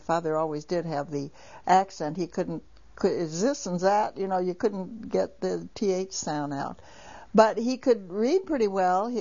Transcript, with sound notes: My father always did have the accent. He couldn't, ( she speaks with a German accent ) this and that, you know, you couldn't get the "th" sound out. But he could read pretty well.